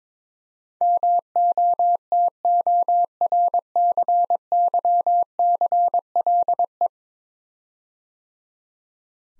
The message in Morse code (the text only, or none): MOTORCYCLE